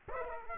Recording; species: mosquito wingbeat signal from an infrared sensor; Aedes aegypti